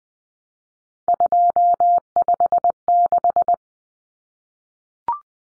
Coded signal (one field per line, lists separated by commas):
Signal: Morse code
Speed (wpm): 20 wpm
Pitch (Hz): 700 Hz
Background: none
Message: 256